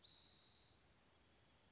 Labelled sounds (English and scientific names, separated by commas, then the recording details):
Spotted Towhee (Pipilo maculatus)
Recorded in Sonoma County, California